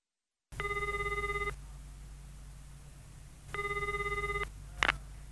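A telephone rings twice in long, evenly spaced bursts of a bright, warbling electronic tone over a low steady hum, followed by a short click or clatter at the end.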